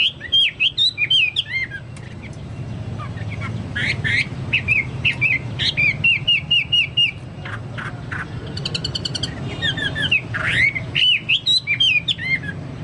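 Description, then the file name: Chinese hwamei song, rich varied phrases of looping whistles repeated in quick runs, a brief rapid trill midway, over a constant low hum. "hwamei-2-omkicau"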